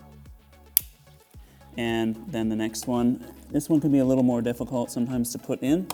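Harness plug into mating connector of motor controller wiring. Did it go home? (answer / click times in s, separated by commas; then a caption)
yes / 0.8 s. A plug from the stock e-bike wiring harness is pushed into its mating plastic multi-pin connector while installing an EBMX ASI BAC8000 motor controller, with music playing. A sharp, loud click at 0.8 s marks the connector seating, and then someone talks.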